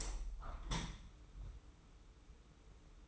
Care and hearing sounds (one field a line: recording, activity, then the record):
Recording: daily activity, microphone in the room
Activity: open window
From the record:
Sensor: 1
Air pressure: 991.3 hPa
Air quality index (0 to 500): 116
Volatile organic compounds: 160 ppm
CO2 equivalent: 4066 ppm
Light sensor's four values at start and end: 38/117/46/48 and 38/118/47/48